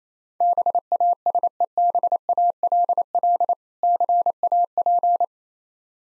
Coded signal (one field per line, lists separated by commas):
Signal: Morse code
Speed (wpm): 27 wpm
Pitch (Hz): 700 Hz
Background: none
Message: BASEBALL CAP